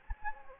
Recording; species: mosquito wingbeat signal from an infrared sensor; Anopheles gambiae